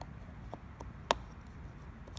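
A small magnetic Phase control needle is placed onto a magnetic strip on a vinyl record and snaps onto it with a single sharp click at 1.1 s, locking into place. A few faint ticks are heard around it against a low background hiss.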